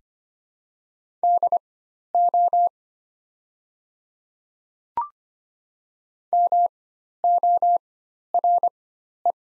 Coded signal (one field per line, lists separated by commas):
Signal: Morse code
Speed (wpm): 25 wpm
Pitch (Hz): 700 Hz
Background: none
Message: DO MORE